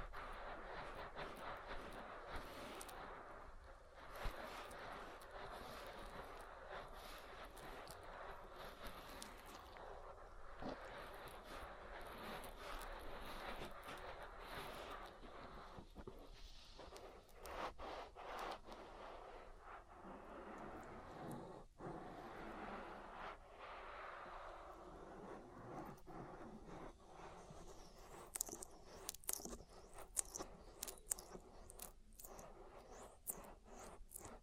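An oil ear massage produces a dense, steady rushing and rubbing sound, broken by frequent soft clicks and squelches throughout. Around the middle a low swell rises, and after about 28 seconds sharper, brighter wet crackles come in quick bursts.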